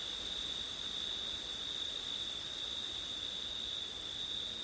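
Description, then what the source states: Crickets keep up an unbroken high trill on a single pitch, with a second, higher band, over a light background hiss. Crickets singing on a September night in wind, recorded with an ORTF setup.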